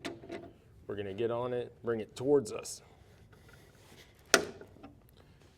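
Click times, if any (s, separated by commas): 4.3 s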